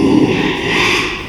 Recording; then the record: squeal of a Yucatan mini pig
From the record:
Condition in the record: after surgery on the right vocal fold (resection and tissue-engineered implant); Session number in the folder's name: 1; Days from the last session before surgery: 6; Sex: male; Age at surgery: 12 weeks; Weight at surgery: 13 kg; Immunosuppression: cyclosporine, prednisolone